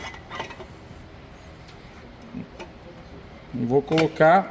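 On an MQpack FBR420 packaging machine, a machine part is handled and lined up before being fitted into its locating hole, with the thread already run up against the knurled aluminium piece. Only faint ticks are heard over a quiet background, and someone talks near the end. Nothing has seated or clicked yet.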